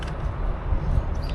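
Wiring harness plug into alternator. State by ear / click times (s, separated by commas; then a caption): not seated / none. A wiring harness plug is pushed onto the alternator of a Chevy 2.4L engine, just installed, with handling noise over a steady low rumble and a brief faint tap near the start. Nothing has seated or clicked yet; the plug is not yet home.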